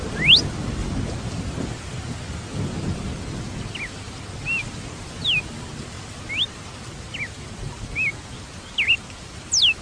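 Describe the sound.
Red-cowled cardinal singing sparse, clear whistled notes, some sliding down and others rising or looping, at irregular intervals over steady background hiss.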